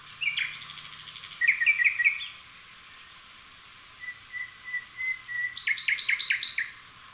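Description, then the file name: Common nightingale song: a rapid buzzy trill, then a run of repeated chirps, a pause, soft whistled notes and a loud rattling burst of repeated phrases. "Luscinia megarhynchos"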